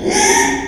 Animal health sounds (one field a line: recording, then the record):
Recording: squeal of a Yucatan mini pig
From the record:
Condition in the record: after surgery on the right vocal fold (resection and tissue-engineered implant)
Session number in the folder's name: 3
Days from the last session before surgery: 33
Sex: male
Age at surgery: 12 weeks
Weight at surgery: 13 kg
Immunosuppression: cyclosporine, prednisolone